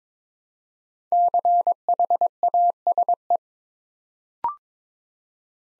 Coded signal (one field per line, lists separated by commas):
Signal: Morse code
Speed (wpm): 22 wpm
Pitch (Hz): 700 Hz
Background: none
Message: CHASE